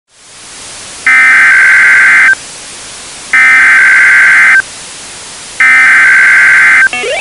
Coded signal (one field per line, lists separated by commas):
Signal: Emergency Alert System (SAME) tones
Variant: header bursts